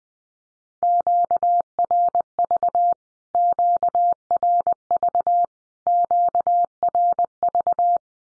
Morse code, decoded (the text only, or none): QRV QRV QRV